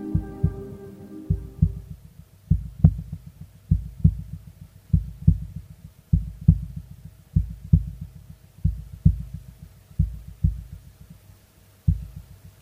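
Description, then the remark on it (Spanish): A steady heartbeat thumps in low, paired beats, lub-dub after lub-dub at a slow, even pace, with a faint hum underneath and a brief tonal swell at the very start. “¿Qué hay después del último latido? Descúbralo con nosotros en Calles Misteriosas.”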